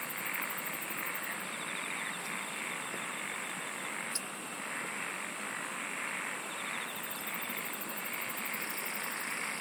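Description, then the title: Insect song, with fast high pulse trains at the start and end above a steady, noisy background drone. "SINGING OF INSECTS"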